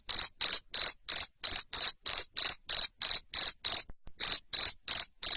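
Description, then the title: Cricket chirping loudly, short buzzy pulses repeated about three times a second in a steady train, with one brief pause near the end. Loud cricket chirping (ngerik) to stimulate lovebirds into continuous singing (ngekek). "Suara JANGKRIK NGERIK Keras Bikin LOVEBIRD Jadi NGEKEK Terus Vubey"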